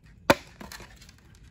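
During final fit-up on a DarkAero 1 aircraft, an LED wingtip light is pressed onto its mounting bracket on the composite wingtip, which has nut plates riveted in place. A single sharp, loud snap at 0.3 s is followed by a few faint, softer taps. The light snaps and seats into place.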